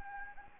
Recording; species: mosquito wingbeat signal from an infrared sensor; Anopheles gambiae